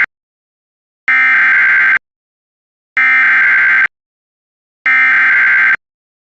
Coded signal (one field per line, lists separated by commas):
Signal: Emergency Alert System (SAME) tones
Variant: header bursts